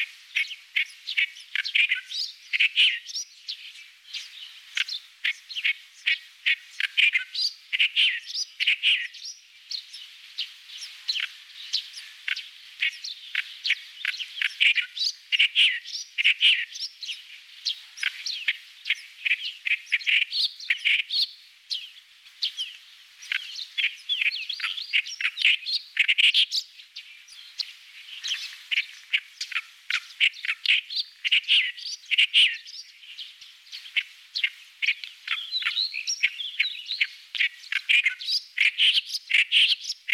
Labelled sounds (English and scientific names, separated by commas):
Clamorous Reed Warbler (Acrocephalus stentoreus) song